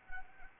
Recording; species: mosquito wingbeat signal from an infrared sensor; Anopheles arabiensis